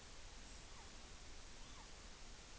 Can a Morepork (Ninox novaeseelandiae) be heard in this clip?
yes